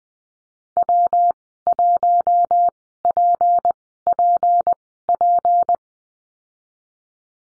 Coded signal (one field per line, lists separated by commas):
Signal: Morse code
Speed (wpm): 20 wpm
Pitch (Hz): 700 Hz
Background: none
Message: W1PPP